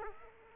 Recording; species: mosquito wingbeat signal from an infrared sensor; Aedes aegypti